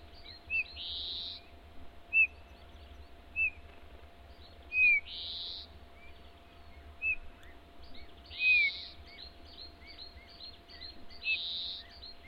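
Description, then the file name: Eurasian bullfinch calls: soft, short down-slurred piping whistles at irregular intervals, mixed with buzzy wheezing notes and a steady faint hum. "Pyrrhula pyrrhula"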